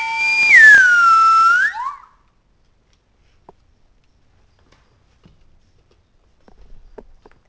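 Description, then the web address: Parrot whistle, a loud tone gliding down and flicking back up in under two seconds, then near silence with faint scattered clicks. "kiesow Papagei"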